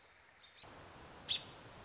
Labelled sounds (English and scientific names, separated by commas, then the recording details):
American Robin (Turdus migratorius)
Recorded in Sonoma County, California